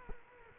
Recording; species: mosquito wingbeat signal from an infrared sensor; Culex quinquefasciatus